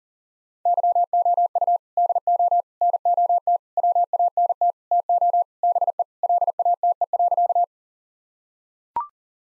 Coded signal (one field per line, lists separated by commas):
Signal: Morse code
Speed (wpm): 40 wpm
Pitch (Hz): 700 Hz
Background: none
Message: YOU DO NOT WANT TO BE LATE.